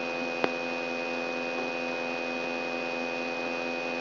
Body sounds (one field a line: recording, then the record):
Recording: brain microelectrode recording played as sound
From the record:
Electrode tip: outside the subthalamic nucleus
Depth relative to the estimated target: 4 mm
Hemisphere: left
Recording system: AlphaMap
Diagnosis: Parkinson's disease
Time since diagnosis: 9 years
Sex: female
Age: 46 years